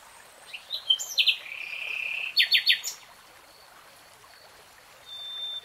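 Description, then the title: Nightingale song with a brief chattering start, a sustained buzzy trill, then three loud clipped notes, and a short high whistle at the end. Nightingale singing, in a real-time recording. "[Tiếng chim hót] REALTIME Nightingale Singing"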